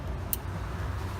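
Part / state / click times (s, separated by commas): molex plug connector into blower motor / seated / 0.3 s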